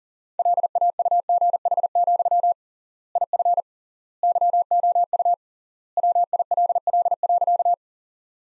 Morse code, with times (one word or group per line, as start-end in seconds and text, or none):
0.4-2.5 LAUGH,
3.2-3.6 IF
4.2-5.3 YOU
6.0-7.7 WILL.